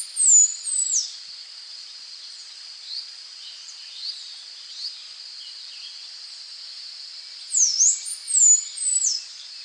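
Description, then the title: Half-collared sparrow song: very high, thin whistled notes sweeping down and up, in a short burst at the start and again near the end, over a steady high hiss. "LuckyPassaro Completos2Sama. Half-collared Sparrow (Arremon semitorquatus)"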